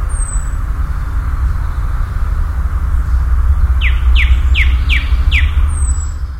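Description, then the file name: Common nightingale song: five loud downslurred notes in quick succession, framed by a high thin whistle at start and end, over heavy low rumbling. "Nachtigall"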